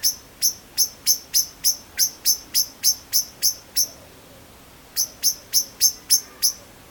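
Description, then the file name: Eurasian blackbird repeating hard, high chinking notes about three per second, pausing for a second, then resuming the same even series. "Turdus merula"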